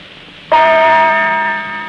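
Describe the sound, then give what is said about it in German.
A single radio time-signal gong marking 8:01 pm is struck once, with a sharp attack and a bright, shimmering tone of many ringing overtones. It sustains and slowly fades, with no voices present. “Die Zeit mit dem Gongschlag 20 Uhr und eine Minute.”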